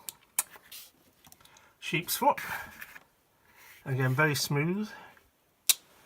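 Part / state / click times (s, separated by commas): sheep's foot blade in a slip-joint pocketknife / seated / 5.7 s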